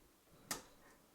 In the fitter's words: there i can hear it clicking